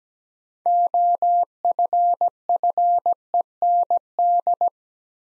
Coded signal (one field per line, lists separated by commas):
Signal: Morse code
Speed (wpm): 17 wpm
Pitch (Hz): 700 Hz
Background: none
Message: OFFEND